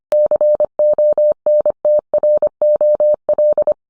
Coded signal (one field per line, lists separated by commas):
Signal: Morse code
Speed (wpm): 25 wpm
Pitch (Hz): 600 Hz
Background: none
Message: CONTROL